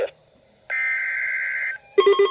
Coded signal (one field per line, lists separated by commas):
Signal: Emergency Alert System (SAME) tones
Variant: header bursts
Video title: Severe Thunderstorm Warning - EAS #401